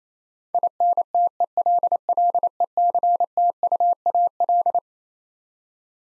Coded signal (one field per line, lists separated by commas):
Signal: Morse code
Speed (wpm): 27 wpm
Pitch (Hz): 700 Hz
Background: none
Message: INTELLECTUAL